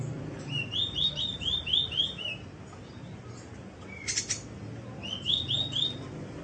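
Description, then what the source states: Bird song in fast runs of bright, slurred chirps. A brief harsh burst comes midway, then another quick chirping run, over constant low hiss. Labelled masteran.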